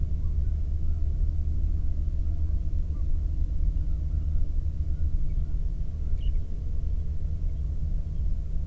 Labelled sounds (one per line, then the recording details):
waterfowl
man-made sound
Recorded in the Prudhoe Bay oil fields, Alaska, on 22 May 2019 at 00:31
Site 19